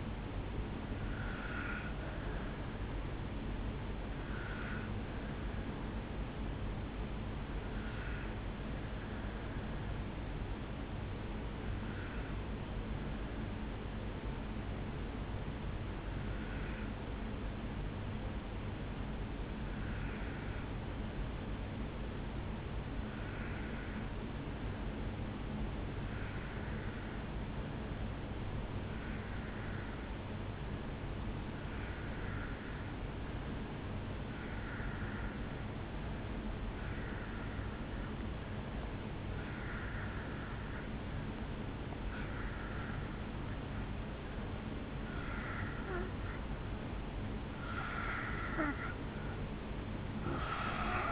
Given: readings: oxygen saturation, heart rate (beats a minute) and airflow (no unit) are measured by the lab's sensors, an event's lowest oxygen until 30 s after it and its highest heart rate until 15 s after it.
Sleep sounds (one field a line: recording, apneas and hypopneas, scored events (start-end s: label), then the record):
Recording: breathing in sleep by a voice recorder at the bedside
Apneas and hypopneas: 1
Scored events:
9.00-46.10 s: obstructive apnea (N1, oxygen 98% highest, then 82% lowest, heart rate 51 at the start, 69 highest)
14.00-51.12 s: new sleep stage, N2 (light sleep)
From the record:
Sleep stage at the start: N1 (lightest sleep)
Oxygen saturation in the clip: 78 to 98%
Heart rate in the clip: 51 to 67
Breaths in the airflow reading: 3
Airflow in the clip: -2.7 to 4.0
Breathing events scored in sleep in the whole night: 449 in 7.0 hours asleep